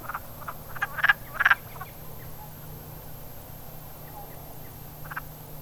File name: woodfrog